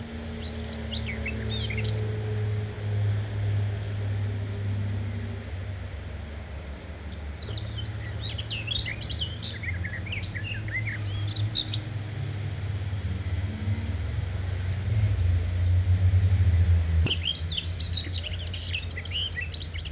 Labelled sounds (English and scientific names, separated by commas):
Common Whitethroat (Sylvia communis) song